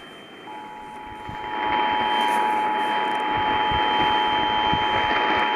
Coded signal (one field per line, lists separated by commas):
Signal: Emergency Alert System (SAME) tones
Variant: 853 and 960 Hz attention tone